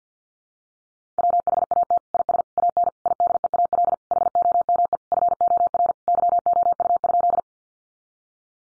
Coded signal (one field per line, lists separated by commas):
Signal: Morse code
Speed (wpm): 50 wpm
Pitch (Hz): 700 Hz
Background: none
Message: WHAT IS AN IDEAL HOME FOR YOU?